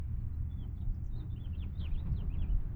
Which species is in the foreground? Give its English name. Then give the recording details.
House Finch. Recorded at Wantagh on Long Island, New York, on 21 May 1975. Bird F